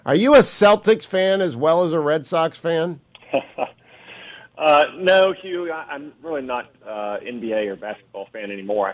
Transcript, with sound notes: Are you a Celtics fan as well as a Red Sox fan?
(laughing) No, Hugh, I’m really not an NBA or basketball fan anymore.